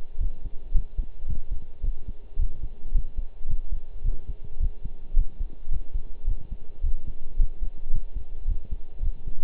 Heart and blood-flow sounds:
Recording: heart sounds by stethoscope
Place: between the tricuspid and mitral areas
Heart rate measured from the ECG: 109 bpm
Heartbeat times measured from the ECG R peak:
0.20 s: heartbeat
0.74 s: heartbeat
1.28 s: heartbeat
1.83 s: heartbeat
2.39 s: heartbeat
2.94 s: heartbeat
3.49 s: heartbeat
4.04 s: heartbeat
4.60 s: heartbeat
5.16 s: heartbeat
5.71 s: heartbeat
6.27 s: heartbeat
6.83 s: heartbeat
7.39 s: heartbeat
7.93 s: heartbeat
8.47 s: heartbeat
9.02 s: heartbeat
From the record:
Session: pedaling a stationary bicycle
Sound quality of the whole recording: partially saturated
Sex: male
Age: 23 years

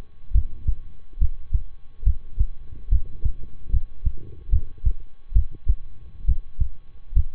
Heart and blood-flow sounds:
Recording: heart sounds by stethoscope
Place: between the tricuspid and mitral areas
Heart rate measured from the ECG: 70 bpm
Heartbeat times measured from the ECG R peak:
0.31 s: heartbeat
1.17 s: heartbeat
2.03 s: heartbeat
2.88 s: heartbeat
3.69 s: heartbeat
4.49 s: heartbeat
5.32 s: heartbeat
6.24 s: heartbeat
7.12 s: heartbeat
From the record:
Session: rest, lying down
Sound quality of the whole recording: good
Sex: male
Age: 23 years

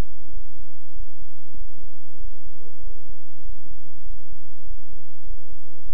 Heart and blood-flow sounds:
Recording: heart sounds by stethoscope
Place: between the tricuspid and mitral areas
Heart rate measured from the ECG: 98 bpm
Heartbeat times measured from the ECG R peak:
0.30 s: heartbeat
0.92 s: heartbeat
1.54 s: heartbeat
2.17 s: heartbeat
2.80 s: heartbeat
3.42 s: heartbeat
4.03 s: heartbeat
4.64 s: heartbeat
5.23 s: heartbeat
5.83 s: heartbeat
From the record:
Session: bicycle stress test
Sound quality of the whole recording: good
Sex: male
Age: 26 years

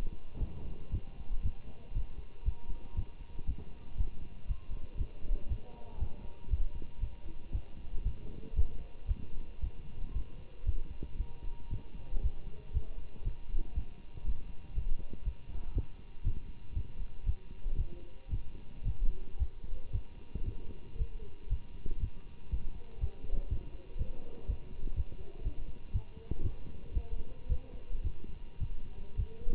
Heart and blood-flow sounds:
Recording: heart sounds by stethoscope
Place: between the tricuspid and mitral areas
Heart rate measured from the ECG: 117 bpm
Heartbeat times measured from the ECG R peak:
0.39 s: heartbeat
0.91 s: heartbeat
1.42 s: heartbeat
1.93 s: heartbeat
2.44 s: heartbeat
2.95 s: heartbeat
3.46 s: heartbeat
3.97 s: heartbeat
4.47 s: heartbeat
4.98 s: heartbeat
5.49 s: heartbeat
5.99 s: heartbeat
6.49 s: heartbeat
7.00 s: heartbeat
7.52 s: heartbeat
8.03 s: heartbeat
8.55 s: heartbeat
9.07 s: heartbeat
9.60 s: heartbeat
10.13 s: heartbeat
10.65 s: heartbeat
11.17 s: heartbeat
11.70 s: heartbeat
12.22 s: heartbeat
12.73 s: heartbeat
13.24 s: heartbeat
13.74 s: heartbeat
14.25 s: heartbeat
14.74 s: heartbeat
15.24 s: heartbeat
15.74 s: heartbeat
16.23 s: heartbeat
16.74 s: heartbeat
17.25 s: heartbeat
17.77 s: heartbeat
18.30 s: heartbeat
18.84 s: heartbeat
19.38 s: heartbeat
19.92 s: heartbeat
20.45 s: heartbeat
20.97 s: heartbeat
21.49 s: heartbeat
22.00 s: heartbeat
22.50 s: heartbeat
23.00 s: heartbeat
23.49 s: heartbeat
23.98 s: heartbeat
24.46 s: heartbeat
24.95 s: heartbeat
25.43 s: heartbeat
25.92 s: heartbeat
26.42 s: heartbeat
26.94 s: heartbeat
27.48 s: heartbeat
28.03 s: heartbeat
28.59 s: heartbeat
29.16 s: heartbeat
From the record:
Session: Bruce protocol treadmill stress test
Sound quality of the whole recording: good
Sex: male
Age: 24 years

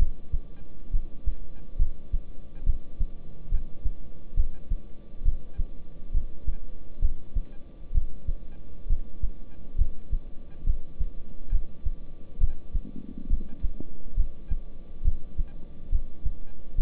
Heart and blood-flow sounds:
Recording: heart sounds by stethoscope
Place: between the tricuspid and mitral areas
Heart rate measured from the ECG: 68 bpm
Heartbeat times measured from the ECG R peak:
0.93 s: heartbeat
1.79 s: heartbeat
2.66 s: heartbeat
3.52 s: heartbeat
4.37 s: heartbeat
5.25 s: heartbeat
6.14 s: heartbeat
7.02 s: heartbeat
7.95 s: heartbeat
8.90 s: heartbeat
9.78 s: heartbeat
10.67 s: heartbeat
11.52 s: heartbeat
12.41 s: heartbeat
13.30 s: heartbeat
14.17 s: heartbeat
15.05 s: heartbeat
15.92 s: heartbeat
16.78 s: heartbeat
From the record:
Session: rest, lying down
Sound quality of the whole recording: good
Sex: male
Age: 26 years

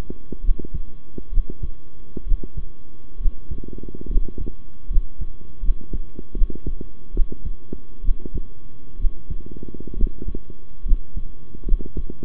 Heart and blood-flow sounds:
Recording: heart sounds by stethoscope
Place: between the tricuspid and mitral areas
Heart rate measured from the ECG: 69 bpm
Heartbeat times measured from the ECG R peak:
0.43 s: heartbeat
1.31 s: heartbeat
2.25 s: heartbeat
3.19 s: heartbeat
4.09 s: heartbeat
4.89 s: heartbeat
5.62 s: heartbeat
6.35 s: heartbeat
7.13 s: heartbeat
8.03 s: heartbeat
8.98 s: heartbeat
9.96 s: heartbeat
10.84 s: heartbeat
11.65 s: heartbeat
From the record:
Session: rest, sitting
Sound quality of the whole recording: good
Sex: male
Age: 23 years

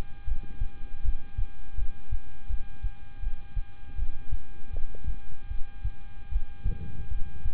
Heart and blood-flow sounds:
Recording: heart sounds by stethoscope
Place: between the tricuspid and mitral areas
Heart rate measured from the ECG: 79 bpm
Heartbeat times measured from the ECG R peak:
0.25 s: heartbeat
1.02 s: heartbeat
1.75 s: heartbeat
2.47 s: heartbeat
3.20 s: heartbeat
3.96 s: heartbeat
4.71 s: heartbeat
5.48 s: heartbeat
6.29 s: heartbeat
7.08 s: heartbeat
From the record:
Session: rest, lying down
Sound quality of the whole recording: good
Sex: male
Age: 26 years

